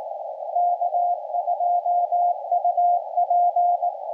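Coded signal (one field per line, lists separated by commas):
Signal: Morse code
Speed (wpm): 18 wpm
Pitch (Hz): 700 Hz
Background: radio noise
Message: K2UP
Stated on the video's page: CW POTA park activation with an FT-891 and linked dipole, working a North America DX pile-up, with fading.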